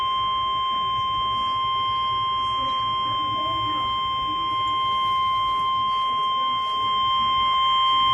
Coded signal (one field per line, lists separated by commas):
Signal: Emergency Alert System (SAME) tones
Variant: 1050 Hz attention tone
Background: speech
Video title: EAS ALERTS From 6/14/21 (EAS 59-65)